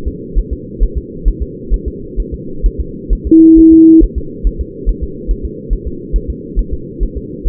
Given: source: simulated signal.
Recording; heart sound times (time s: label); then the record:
fetal heart sounds
0.08 s: S2
0.38 s: S1
0.53 s: S2
0.83 s: S1
0.98 s: S2
1.28 s: S1
1.42 s: S2
1.74 s: S1
1.88 s: S2
2.20 s: S1
2.34 s: S2
2.66 s: S1
2.80 s: S2
3.13 s: S1
3.27 s: S2
3.59 s: S1
3.73 s: S2
4.03 s: S1
4.18 s: S2
4.47 s: S1
4.61 s: S2
4.89 s: S1
5.03 s: S2
5.31 s: S1
5.45 s: S2
5.73 s: S1
5.87 s: S2
6.16 s: S1
6.30 s: S2
6.59 s: S1
6.73 s: S2
7.03 s: S1
7.17 s: S2
7.48 s: S1
From the record:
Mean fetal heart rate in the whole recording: 135 bpm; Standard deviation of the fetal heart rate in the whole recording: 3 bpm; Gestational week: 36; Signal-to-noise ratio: -4.3 dB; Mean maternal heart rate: 72 bpm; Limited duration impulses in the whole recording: present